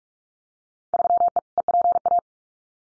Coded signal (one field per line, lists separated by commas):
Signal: Morse code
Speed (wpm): 44 wpm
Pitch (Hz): 700 Hz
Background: none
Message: 3E EPA